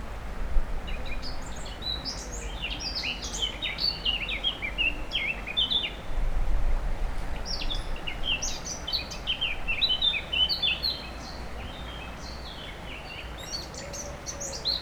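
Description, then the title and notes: Warbler song in two bursts of quick, chirpy, high notes, separated by a short pause, over steady background noise. Near the Sierroz river, allée Marcel Mailly, Aix-les-Bains, France; warblers singing without competition at this time of year; river level very low. "3 Rue des Pélicans, 73100 Aix-les-Bains, France - Fauvettes. Près du Sierroz allée Marcel Mailly , les fauvettes sont sans concurrence à cette époque , le niveau du Sierroz est très bas"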